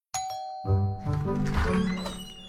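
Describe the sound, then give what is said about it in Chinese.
A doorbell rings with a bright chime, followed by a second, lower tone that rings out and lingers with rich overtones, fairly loud and alone without any voices. “说曹操曹操到，门铃响起”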